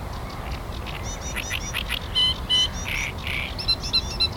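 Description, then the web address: Great reed warbler singing a loud, rasping, chattering phrase of repeated grating and squeaky notes, with a low background rumble throughout. Recorded on 23 June. "linnut rastaskerttunen 2306"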